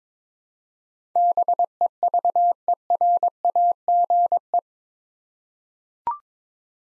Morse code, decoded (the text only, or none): BEVERAGE